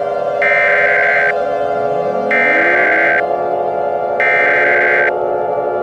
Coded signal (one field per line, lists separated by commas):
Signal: Emergency Alert System (SAME) tones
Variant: header bursts